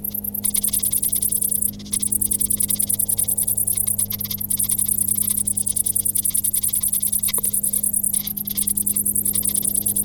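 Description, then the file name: Cricket chirping: a steady train of rapid, high-pitched pulses runs almost throughout, with brief gaps, over a constant low hum. "Grillen"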